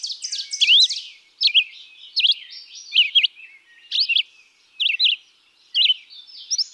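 Red-eyed vireo phrases, short and whistled with sharp up-and-down slurs, about one each second, after an opening burst of rapid chatter.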